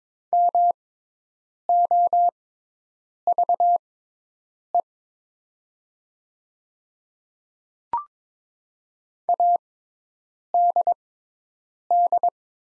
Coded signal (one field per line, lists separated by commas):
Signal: Morse code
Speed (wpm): 22 wpm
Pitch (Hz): 700 Hz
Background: none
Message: MOVE ADD